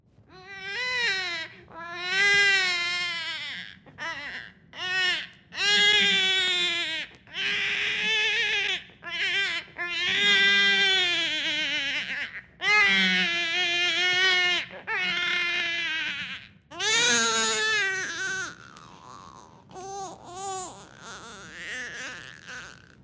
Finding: Baby Crying.